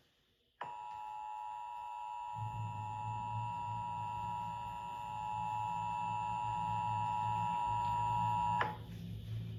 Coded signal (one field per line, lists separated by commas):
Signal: Emergency Alert System (SAME) tones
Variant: 853 and 960 Hz attention tone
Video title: EAS scenario SCP 049 Part 2/3 The return of SCP 049￼ Fake EAS scenario￼￼